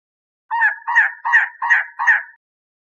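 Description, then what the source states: Elegant trogon call: five harsh, croaking notes in an even run, then silence. Recorded 27 April 2003.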